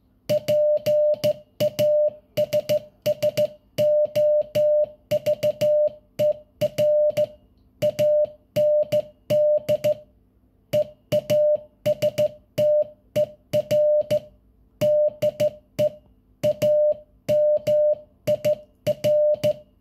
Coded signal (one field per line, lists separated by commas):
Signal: Morse code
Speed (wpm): 14 wpm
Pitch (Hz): 600 Hz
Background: music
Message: PASSOVER AND EASTER DE AMIR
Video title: Passover & Easter wishes in morse code